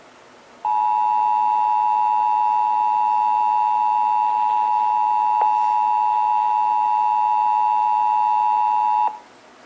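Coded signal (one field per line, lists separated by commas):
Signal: Emergency Alert System (SAME) tones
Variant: 853 and 960 Hz attention tone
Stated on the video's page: Texas required monthly test, heard on several radio and TV stations.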